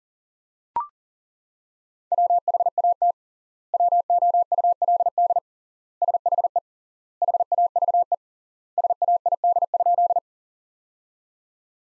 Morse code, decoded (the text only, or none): WHAT WOULD SHE HAVE SAID?